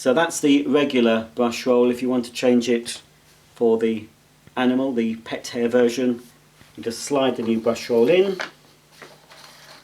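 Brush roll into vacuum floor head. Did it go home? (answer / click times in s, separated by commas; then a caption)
no / none. Someone talks while sliding the pet hair brush roll into the floor head of a Bosch Athlet Pro Animal cordless upright vacuum cleaner, replacing the regular brush roll. Quiet handling noise follows near the end, with a brief soft sound at about 9.0 s. The brush roll has not been pushed home yet, and nothing has seated or clicked.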